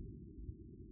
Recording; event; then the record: neck accelerometer signal played as sound; no cough (speech, laughter, throat clearing or background)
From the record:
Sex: male